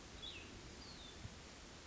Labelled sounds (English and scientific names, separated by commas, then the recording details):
Cassin's Vireo (Vireo cassinii)
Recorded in Sonoma County, California